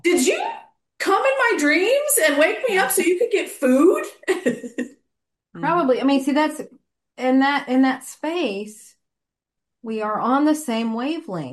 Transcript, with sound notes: did you come in my dreams and wake me up so you could get food?" (laughs)
Probably. I mean, see, that's ... In that, in that space, we are on the same wavelength.